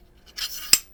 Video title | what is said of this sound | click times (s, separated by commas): Blackwater Firearms Sentry 12 Shotgun Overview | putting it back on locks in place | 0.7 s